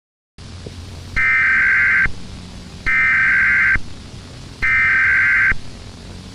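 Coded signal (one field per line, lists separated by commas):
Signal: Emergency Alert System (SAME) tones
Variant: header bursts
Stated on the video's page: Fictional EAS scenario, analog horror.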